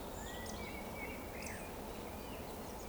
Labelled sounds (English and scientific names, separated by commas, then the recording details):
Eurasian Woodcock (Scolopax rusticola) whistle
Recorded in Baden-Württemberg, Germany, on 15 June 2020 at 19:38 UTC
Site 14569, 102 m above sea level